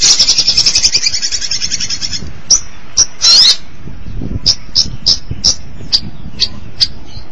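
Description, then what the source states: Long-tailed Shrike song: a rapid high rattling trill for two seconds, a brief buzzy burst, then spaced sharp chips. Recorded March 2017.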